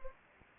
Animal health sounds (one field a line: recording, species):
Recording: mosquito wingbeat signal from an infrared sensor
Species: Anopheles gambiae